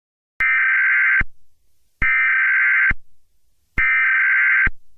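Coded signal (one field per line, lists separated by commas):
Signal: Emergency Alert System (SAME) tones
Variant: header bursts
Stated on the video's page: Fictional EAS scenario, not a real alert.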